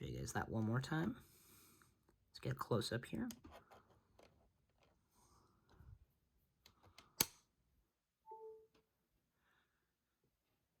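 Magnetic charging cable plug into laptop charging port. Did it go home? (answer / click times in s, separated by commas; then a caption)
yes / 7.2 s. A magnetic charging cable plug is attached to the charging port of a 16-inch MacBook Pro M2 Pro in close-up after someone talks. It snaps in with a short, sharp click at 7.2 s and seats. A brief two-tone beep follows around 8.3 s.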